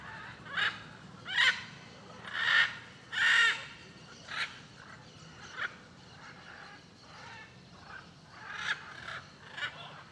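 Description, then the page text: Blue-and-yellow macaws giving harsh, raspy squawks, several loud ones in the first few seconds, then scattered quieter calls. Many macaws calling along a street in Alto Paraíso de Goiás, Cerrado, Brazil. "Rua em Alto Paraiso com muitas araras cantando e carros passando. Arara-canindé - Coleção Sonora do Cerrado"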